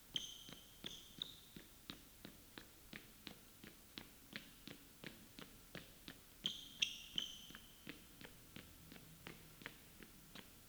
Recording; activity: daily activity, guitar pickup as the sensor; run